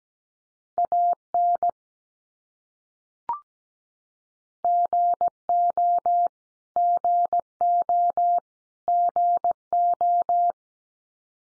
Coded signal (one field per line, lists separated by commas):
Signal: Morse code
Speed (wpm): 17 wpm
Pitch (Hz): 700 Hz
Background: none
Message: AN GO GO GO